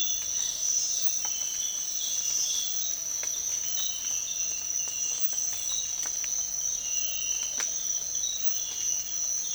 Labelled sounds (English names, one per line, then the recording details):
none
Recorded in dense forest near Puerto Asís, Putumayo, Colombia, on 24 March 2025 at 06:00
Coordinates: 0.499, -76.324
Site GP03